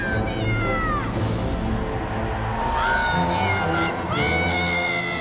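A fan shouts from the racetrack grandstands during a race in drawn-out, wavering cries that rise and fall in pitch, loud over a steady rumble of crowd and engine noise.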